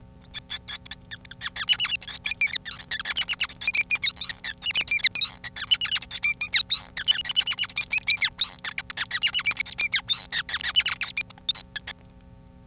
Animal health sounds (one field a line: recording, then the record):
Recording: song of a male Bengalese finch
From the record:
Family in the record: son of father 5